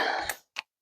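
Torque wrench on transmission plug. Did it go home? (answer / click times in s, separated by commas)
yes / 0.3 s, 0.6 s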